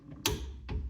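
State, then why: Torque reached. A click-type torque wrench, angled up so it rests on the frame, tightens a sway bar link nut on a 2002 Ford Ranger to 20 ft-lbs. A sharp click rings out at 0.3 s as the wrench reaches its setting, and a second, softer sound follows at 0.7 s. The nut is confirmed torqued down.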